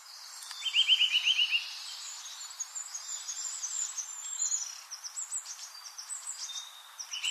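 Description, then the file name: Eurasian nuthatch giving a quick run of sharp repeated notes near the start, followed by scattered high notes over a soft background hiss. "Sitta europaea"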